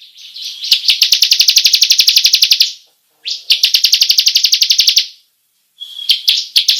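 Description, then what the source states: Bar-winged prinia giving two long, even, rapidly pulsed trills followed by the start of a third after a short silence. Long rolling song style, called ngerol panjang.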